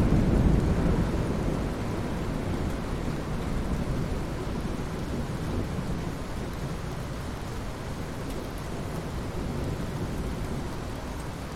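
Rain falls in a steady, dense hiss with a deep rumble of thunder underneath. The rumble is strongest in the first second or so, then eases into a low, rolling murmur that stays fairly even to the end, with fine pattering spread across the higher range.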